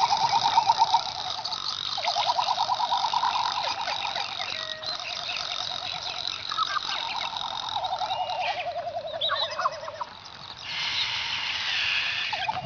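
Frigatebird calls: fast pulsed trills, some falling slightly in pitch, amid a busy background of chattering sounds.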